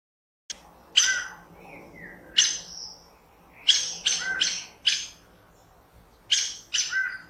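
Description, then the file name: Saffron toucan uttering rasping, high squeaky notes in irregular bursts, some in quick pairs and triplets, with a few lower whistled notes between. "Canto do aracari banana"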